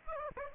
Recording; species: mosquito wingbeat signal from an infrared sensor; Aedes aegypti